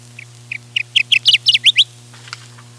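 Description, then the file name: Kirtland's Warbler song, a short loud phrase of several chips that start low and grow louder and higher, ending in emphatic slurred notes, over a steady low hum. "1988-05-16 Kirtlands Warbler"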